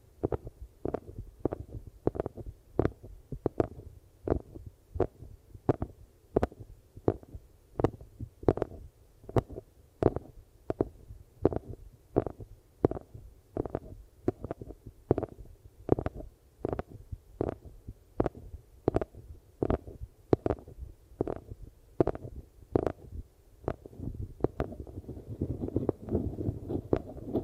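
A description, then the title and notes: Muffled ear massage: soft thumping rubs land in a steady rhythm, a little faster than once per second, each with a brief crisp edge over a deep, pressing low thud. Near the end a denser, rumbling rub fills the gaps between strokes. ASMR Ear Melting Eardrum Massage for Sleep (No Talking).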